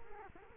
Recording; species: mosquito wingbeat signal from an infrared sensor; Culex quinquefasciatus